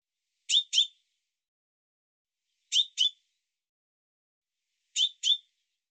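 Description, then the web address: Bird uttering three evenly spaced pairs of high, crisp chirps, about two seconds apart, over a silent background. "cianscape birddata Deverinetal Bird Fr Co"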